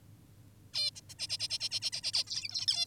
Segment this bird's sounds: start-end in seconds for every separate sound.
0.74-0.91, 0.96-1.01, 1.09-1.14, 1.19-1.28, 1.30-1.38, 1.40-1.48, 1.50-1.58, 1.60-1.69, 1.71-1.80, 1.82-1.90, 1.92-2.01, 2.03-2.12, 2.14-2.24, 2.27-2.66, 2.68-2.86